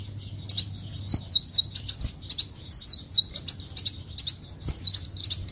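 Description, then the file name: Leafbird song: three bursts of rapid, high zigzag whistled notes, sharp and chattering, separated by brief pauses, over a faint low hum. "Tieng chim xanh tim"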